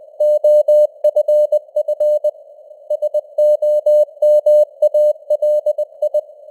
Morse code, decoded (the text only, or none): OFF SOMALI